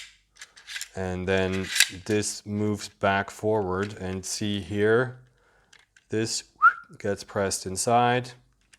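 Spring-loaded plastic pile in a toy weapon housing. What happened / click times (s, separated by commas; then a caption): Handled, not yet home: plastic plunger pushed back but not yet locked / none. Someone talks while handling a toy weapon, pressing its spring-loaded plastic pile back inside the housing so it can lock at the front and be reset to fire again. Brief faint taps are heard in a pause between the talking. Nothing has seated or clicked into place yet.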